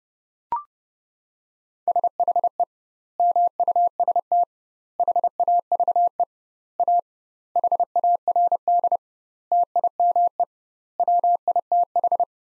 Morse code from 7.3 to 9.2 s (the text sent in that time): HARD